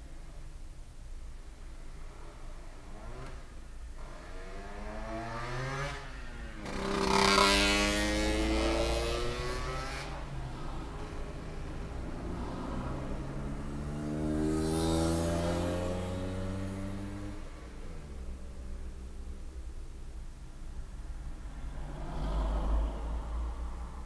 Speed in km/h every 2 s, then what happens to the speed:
0, 0, 0, 0, 0, 0, 0, 0, 0, 0, 0, 0.
0-24 standing.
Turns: none.